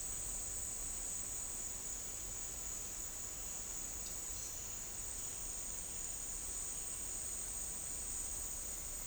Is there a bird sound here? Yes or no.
no